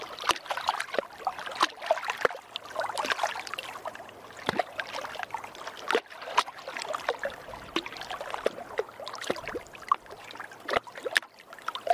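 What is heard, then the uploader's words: Lake water laps in a steady, busy stream of small splashes and gurgles. Sharp clicks and light knocks break through every second or so, like water slapping against a hull or rocks. The sound stays bright and fairly even throughout. Peaceful Morning Lake Sounds.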